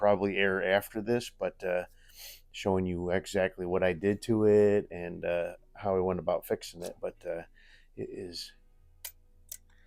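Someone talks over the handling of the cocking lever on an Umarex air rifle as it is pulled toward its latch, with a couple of short, faint ticks near the end of the clip. Nothing has seated or clicked yet.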